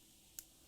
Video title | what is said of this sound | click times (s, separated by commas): Christmas Dazzle Bracelet Designing with GGC's Treasure box | you can hear the click sound | 0.4 s